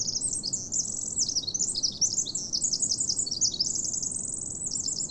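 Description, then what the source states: Pacific wren song, a continuous rapid cascade of high tinkling notes and trills running the whole time, over a low steady background rumble. Singing perched out in the open, further down a dune in the park named for Lewis and Clark; species creeps along the ground and under logs and upturned tree roots; possibly smallest bird there.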